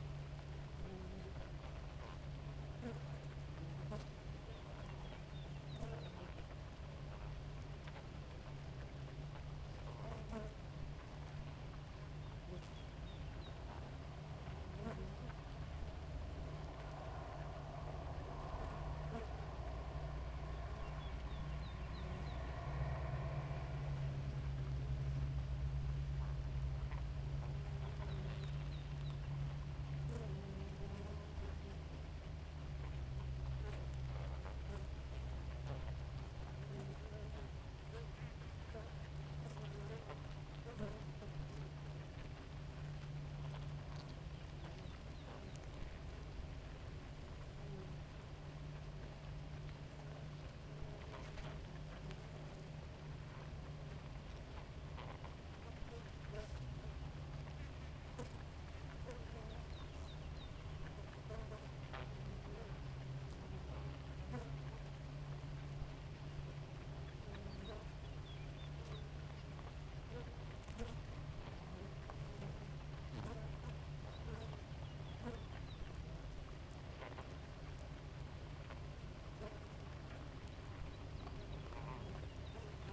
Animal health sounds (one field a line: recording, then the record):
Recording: honeybee colony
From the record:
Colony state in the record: active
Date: 28 July 2017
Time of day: 4:38